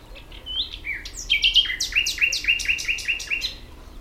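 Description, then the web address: Common nightingale song: a few varied whistled notes, then a fast run of repeated sharp rising chirps at about four per second. "ambient nightingale"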